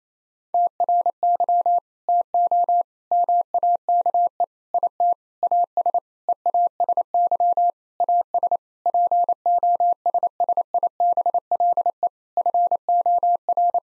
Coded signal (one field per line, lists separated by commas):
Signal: Morse code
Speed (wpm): 28 wpm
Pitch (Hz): 700 Hz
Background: none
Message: TRY TO MAKE IT AS EASY AS POSSIBLE FOR